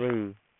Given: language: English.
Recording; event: throat vibration sensor signal played as sound; speech